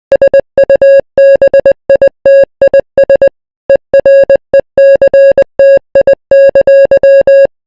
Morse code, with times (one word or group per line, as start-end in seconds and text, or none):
0.1-3.3 SUBITIS
3.7-7.5 ERECTI!